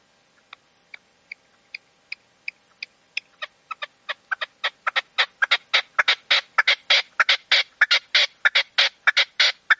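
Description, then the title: Partridge or tinamou calling with thin, evenly spaced ticking notes that speed up and grow louder into a dense, harsh, rhythmic series of rasping calls. "Canto de Perdiz. CANTO DE LA PERDIZ"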